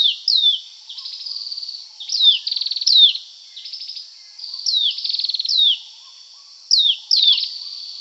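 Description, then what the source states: Dark-necked tailorbird giving repeated falling high notes alternating with rapid buzzy trills, in phrases roughly every second or two with brief gaps. Subspecies Orthotomus atrogularis anambensis; call rendered as "prenjk-gnung".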